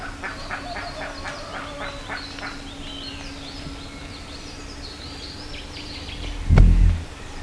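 Bird calls, a rapid run of harsh notes for the first two seconds, then fainter higher calls, and a heavy thud near the end.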